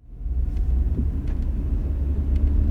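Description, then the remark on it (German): A car drives along with a steady, heavy low-frequency rumble of engine and road noise, holding constant throughout with a few faint higher clicks and rattles above it. “Oh, das Auto fährt sich wirklich sehr gut.”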